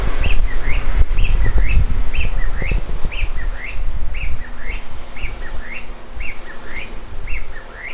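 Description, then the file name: Chinese bamboo partridge call, repeated rising whistled notes in quick succession, with loud low thumps and rumble during the first few seconds. "kojyukei"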